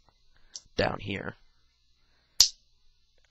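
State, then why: Seated. The lower legs of a plastic action figure are pushed into the hip assembly during its transformation, and the leg joints lock into place with a small click at 0.6 s. Someone talks briefly afterward, and a much louder, sharp click follows at 2.4 s.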